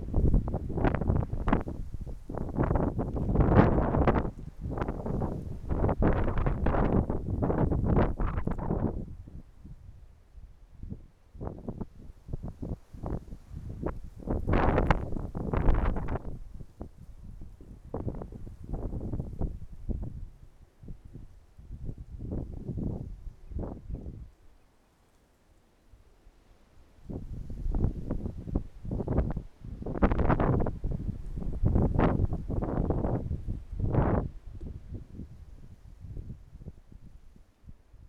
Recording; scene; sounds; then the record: everyday scene through a hearing-aid microphone; wind on the microphone; wind, traffic, birds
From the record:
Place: suburban garden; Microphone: behind the ear, right, front